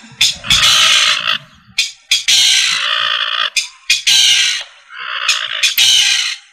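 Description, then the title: Rail calling with raspy, scratchy squawks in uneven bursts, some longer and grating, others short and clipped, with faint low rumbling underneath. "LuckyFamilia RallidaeFrangoSama"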